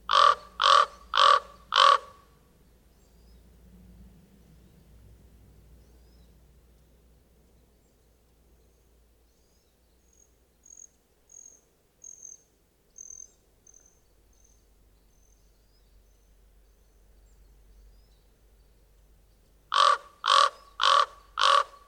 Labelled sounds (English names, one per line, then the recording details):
Common Raven call
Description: Common Raven call recorded in the Moraine Park Campground area in Rocky Mountain National Park
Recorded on 24 June 2015